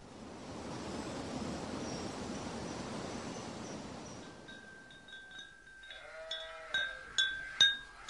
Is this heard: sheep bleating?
yes